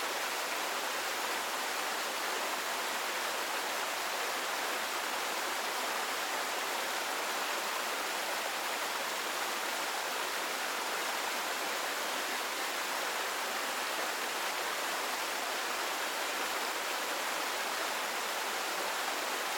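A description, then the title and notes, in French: A waterfall pours in a dense, steady rush of bright hiss that holds unchanged throughout, with little low rumble beneath. Son d'une CASCADE. Le doux bruissement de l'eau qui s'écoule.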